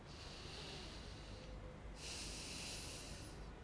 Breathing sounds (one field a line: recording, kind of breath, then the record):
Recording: one breath in and out by a microphone near the nose and mouth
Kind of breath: deep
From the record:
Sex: male